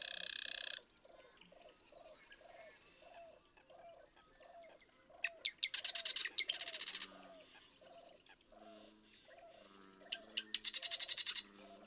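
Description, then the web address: Marsh Wren songs as fast buzzy rattles in several bursts, over a steady series of lower, mellow notes from another caller. "birdsongforthecurious songs Marsh Wren"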